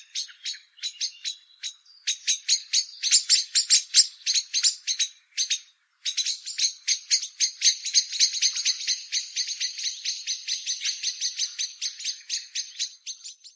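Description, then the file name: Common blackbird alarm chatter: sharp, dry clicking notes in a fast rattling series, building in loudness and then running on steadily after a brief pause. "Turdus merula"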